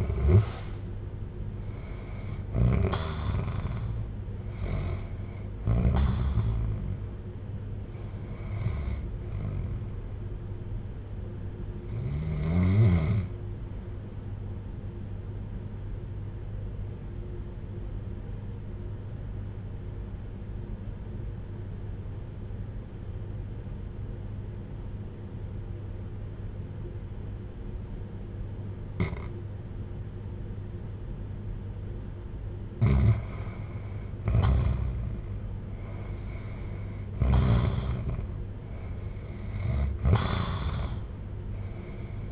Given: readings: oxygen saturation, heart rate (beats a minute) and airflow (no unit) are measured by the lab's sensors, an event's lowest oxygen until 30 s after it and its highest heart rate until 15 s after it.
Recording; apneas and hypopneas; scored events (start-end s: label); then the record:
breathing in sleep by a smartphone at the bedside; 1
15.00-37.20 s: obstructive apnea (REM, oxygen 96% highest, then 85% lowest, heart rate 54 at the start, 68 highest)
From the record:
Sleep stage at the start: REM sleep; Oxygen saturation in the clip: 82 to 96%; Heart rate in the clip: 54 to 68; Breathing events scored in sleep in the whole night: 310 in 8.1 hours asleep